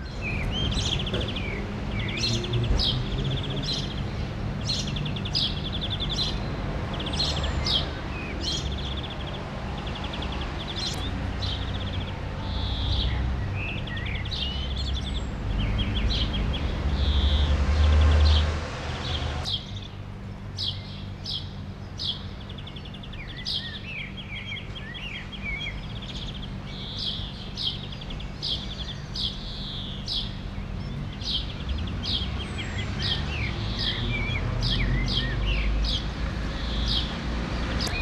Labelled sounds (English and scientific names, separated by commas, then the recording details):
House Sparrow (Passer domesticus) song
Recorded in the wild
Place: Garmisch-Partenkirchen, Bayern, DE
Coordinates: 47.4986, 11.1303
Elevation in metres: 1036
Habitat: mountains
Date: 1980-03-29
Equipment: Uher 4000 Report, Sennheiser MKH 815 T
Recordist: Tretzel, Erwin